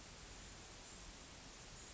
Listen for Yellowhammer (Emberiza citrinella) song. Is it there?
no